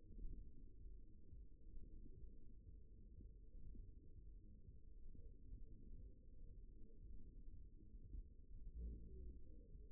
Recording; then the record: forearm muscle sounds (acoustic myography)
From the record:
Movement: index flexion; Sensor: system 1, eight BSWA MPA416 microphones around the upper forearm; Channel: 4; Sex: male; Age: 54 years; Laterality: right